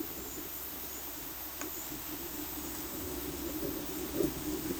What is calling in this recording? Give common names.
none